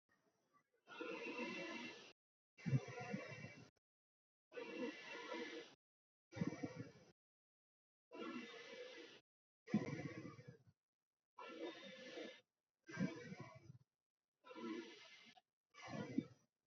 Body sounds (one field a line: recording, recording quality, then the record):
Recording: deep breathing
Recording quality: excellent, no background noise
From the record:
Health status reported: healthy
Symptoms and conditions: none ticked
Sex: male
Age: 60 years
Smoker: not ticked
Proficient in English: yes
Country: India